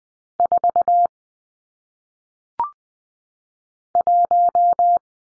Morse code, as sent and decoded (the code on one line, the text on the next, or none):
....- / .----
4 1